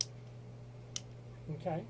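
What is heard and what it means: A tool inserted into the metal tension collar of a Stanley 2060R door spring hinge is turned clockwise, and the ratchet catches notch by notch with sharp ticks at 0.0 s and 1.0 s. Near the end someone talks, and the collar is seated with three clicks of tension set.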